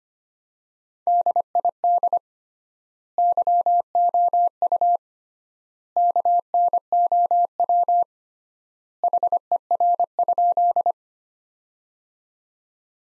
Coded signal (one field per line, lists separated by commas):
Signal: Morse code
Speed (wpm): 25 wpm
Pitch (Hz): 700 Hz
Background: none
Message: DID YOU KNOW HER?